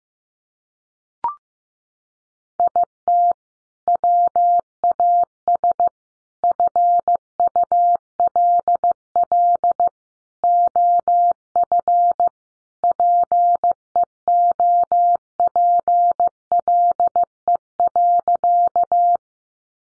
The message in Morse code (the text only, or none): IT WAS FULL OF PEOPLE.